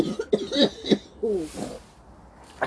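Adult woman with a smoker's cough: harsh, repeated cough bursts right after a cannabis bong hit. She coughs a lot when she smokes, her lungs aren't great, and bad allergies can bring phlegm up.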